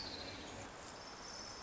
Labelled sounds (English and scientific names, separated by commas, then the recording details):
Orange-crowned Warbler (Leiothlypis celata)
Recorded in Sonoma County, California